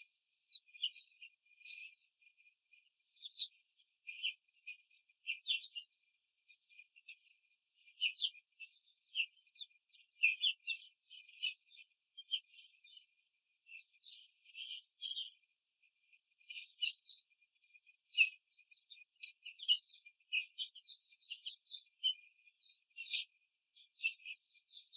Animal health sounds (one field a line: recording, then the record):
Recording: young laying hens in a cage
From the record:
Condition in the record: control cage, before the stress test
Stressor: none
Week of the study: 4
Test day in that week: 1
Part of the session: 4